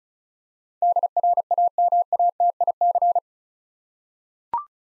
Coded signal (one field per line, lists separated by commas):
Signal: Morse code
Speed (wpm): 36 wpm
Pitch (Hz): 700 Hz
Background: none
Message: DRAMATIC